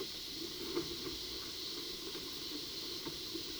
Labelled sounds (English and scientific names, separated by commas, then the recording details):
none
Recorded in pastures near Puerto Asís, Putumayo, Colombia, on 21 February 2024 at 11:00
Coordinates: 0.497, -76.327
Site G7276